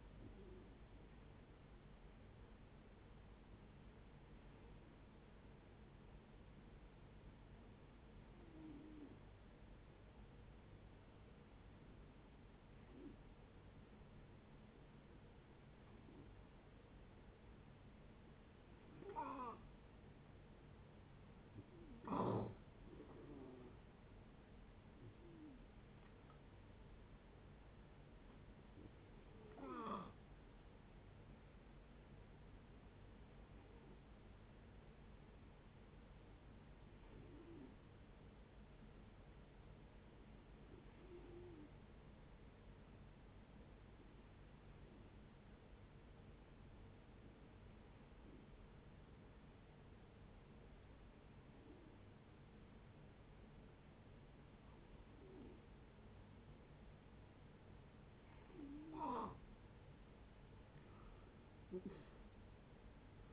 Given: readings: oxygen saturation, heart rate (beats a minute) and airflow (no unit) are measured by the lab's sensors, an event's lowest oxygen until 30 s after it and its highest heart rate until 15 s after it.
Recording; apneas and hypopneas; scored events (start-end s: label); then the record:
breathing in sleep by a voice recorder at the bedside; 2
5.00-19.30 s: hypopnea (N1, oxygen 92% highest, then 87% lowest, heart rate 69 at the start, 71 highest)
20.00-50.00 s: new sleep stage, N2 (light sleep)
32.00-58.80 s: hypopnea (N2, oxygen 92% highest, then 83% lowest, heart rate 68 at the start, 77 highest)
50.00-63.33 s: new sleep stage, N1 (lightest sleep)
From the record:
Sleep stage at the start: N1 (lightest sleep); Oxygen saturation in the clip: 87 to 92%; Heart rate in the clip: 62 to 73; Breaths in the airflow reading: 18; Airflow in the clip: -7.8 to 10.8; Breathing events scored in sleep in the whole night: 496 in 5.4 hours asleep